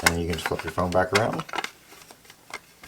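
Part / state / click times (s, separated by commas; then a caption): phone in rugged case into plastic belt-clip holster / seated / 2.5 s. Someone talks while a Pixel 6 Pro in an Otterbox Defender rugged case is flipped back around and pushed into its plastic belt-clip holster. A few faint handling clicks follow, then a sharp snap at 2.5 s as the cased phone seats in the holster.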